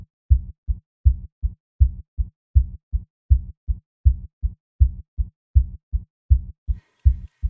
Lub Dub.